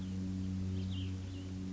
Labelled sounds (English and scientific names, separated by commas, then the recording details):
Cassin's Vireo (Vireo cassinii)
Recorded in Sonoma County, California